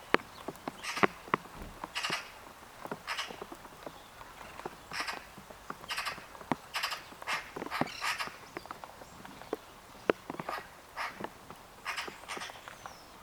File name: Pica pica